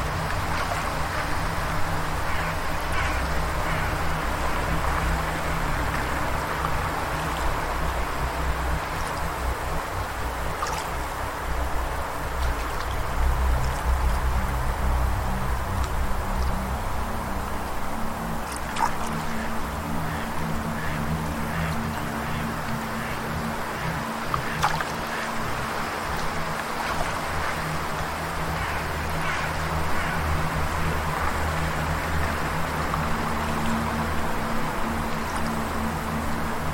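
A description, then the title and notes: A steady wash of water runs unbroken for the whole stretch, dense and even in loudness. Low sustained tones hum underneath, shifting slightly in pitch after about 19 seconds, and brief light clicks or splashes surface now and then, most clearly near 19 and 25 seconds. An Ambient Soundscape of Water and Soothing Music.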